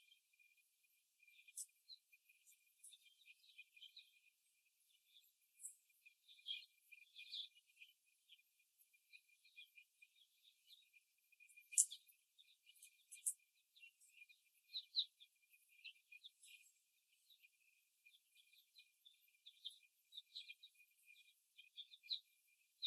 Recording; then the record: young laying hens in a cage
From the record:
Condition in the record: before the stressor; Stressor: simulated dog barking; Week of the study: 1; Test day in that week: 2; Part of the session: 1